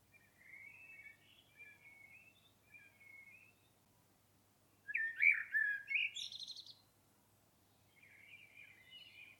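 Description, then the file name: Common blackbird singing quiet, scratchy warbled notes, then a loud fluty phrase with a shrill high flourish, followed by more subdued twittering. "Turdus merula"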